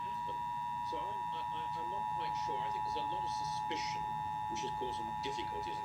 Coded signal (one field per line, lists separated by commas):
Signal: Emergency Alert System (SAME) tones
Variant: 853 and 960 Hz attention tone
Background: speech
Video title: (EAS #119-123) Holly, jolly testing... at night~ (NC Required Monthly Tests from 12/13/2020)